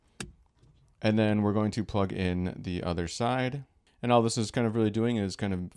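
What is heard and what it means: A plastic jumper-wire connector from a FITCAMX direct-fit dash cam kit is pushed all the way into the overhead console wiring plug of a Hyundai Elantra, and a short, sharp snap at 0.2 s shows it has seated. Someone then talks for the rest of the clip.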